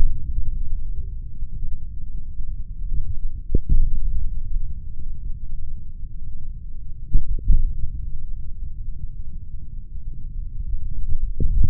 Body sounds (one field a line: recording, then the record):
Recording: forearm muscle sounds (acoustic myography)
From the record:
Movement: index flexion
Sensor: system 3, bracelet of six PUI Audio POM-2738L microphones around the upper forearm, with dedicated amplification and filtering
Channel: 6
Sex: male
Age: 26 years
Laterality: right